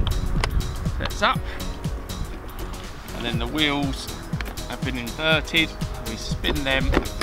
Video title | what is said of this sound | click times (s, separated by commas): PowaKaddy CT6 GPS vs Motocaddy M3 GPS - Golf Trolley Comparison - Golf Gear Direct | one extra little click there sets | 0.4 s